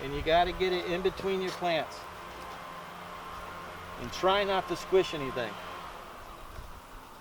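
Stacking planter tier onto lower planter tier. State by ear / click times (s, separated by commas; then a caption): not seated / none. A stacking planter tier is lowered onto the lower tier and fitted in between the plants, taking care not to crush them, while someone talks. A steady hum sits under the speech. Nothing has clicked or locked into place yet.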